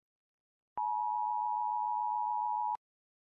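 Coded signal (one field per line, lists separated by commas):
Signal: Emergency Alert System (SAME) tones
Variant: 853 and 960 Hz attention tone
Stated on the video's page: Fake mock EAS scenario for a black hole approach, containing valid EAS tones.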